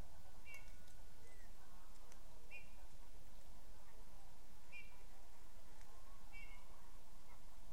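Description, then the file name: Eurasian bullfinch uttering a few gentle, short whistled notes, with a steady low hum and hiss beneath. "Pyrrhula pyrrhula"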